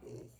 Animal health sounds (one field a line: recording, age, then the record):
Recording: pig call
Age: piglet (1 to 25 days)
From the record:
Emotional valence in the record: negative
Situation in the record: restrain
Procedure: sham castration, cut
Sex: male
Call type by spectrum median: low-frequency call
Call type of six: low-frequency stable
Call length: 0.40 s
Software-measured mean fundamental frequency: 60 Hz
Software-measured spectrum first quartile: 208 Hz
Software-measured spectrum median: 383 Hz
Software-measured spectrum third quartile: 760 Hz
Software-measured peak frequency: 413 Hz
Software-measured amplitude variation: 126 dB a second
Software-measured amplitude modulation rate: 20.0 a second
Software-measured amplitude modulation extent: 6.3 dB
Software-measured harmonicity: 1.5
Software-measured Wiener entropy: -0.36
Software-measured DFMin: 1330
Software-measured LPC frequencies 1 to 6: 399, 2308, 2730, 4367, 5722, 6127 Hz